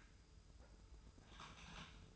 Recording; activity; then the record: daily activity, microphone in the room; typing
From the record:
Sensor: 2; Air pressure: 990.8 hPa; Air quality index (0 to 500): 144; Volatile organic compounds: 297 ppm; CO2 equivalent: 4474 ppm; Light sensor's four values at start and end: 27/68/27/28 and 27/68/27/28